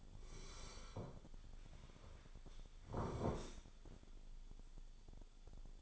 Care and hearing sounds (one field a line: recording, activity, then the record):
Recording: daily activity, microphone in the room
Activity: sit down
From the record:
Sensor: 5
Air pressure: 1015.3 hPa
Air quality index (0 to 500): 172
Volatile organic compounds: 6 ppm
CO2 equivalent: 1871 ppm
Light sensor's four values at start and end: 37/84/34/33 and 37/84/34/33